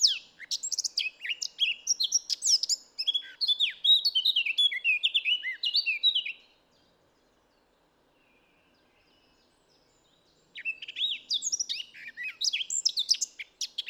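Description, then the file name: Eurasian blackcap song: a fast, scratchy warble for about six seconds, a silent pause, then another warbling phrase begins. "Sylvia atricapilla"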